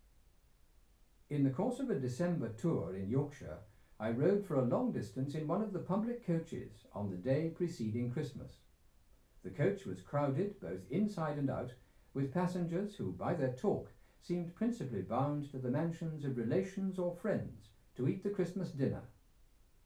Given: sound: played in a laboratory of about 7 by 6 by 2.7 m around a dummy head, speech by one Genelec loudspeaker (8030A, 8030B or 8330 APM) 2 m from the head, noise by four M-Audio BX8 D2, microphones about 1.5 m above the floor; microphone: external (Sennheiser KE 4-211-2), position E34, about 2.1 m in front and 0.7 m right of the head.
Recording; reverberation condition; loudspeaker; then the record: male speech in English; low; 30 degrees to the left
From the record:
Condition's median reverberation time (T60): about 310 ms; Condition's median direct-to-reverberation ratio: about 3.5 dB